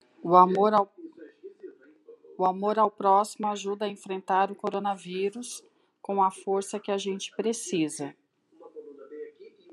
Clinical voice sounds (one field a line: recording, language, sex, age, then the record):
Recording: spoken sentence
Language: Brazilian Portuguese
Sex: female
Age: 40 to 49 years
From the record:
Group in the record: control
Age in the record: 49 years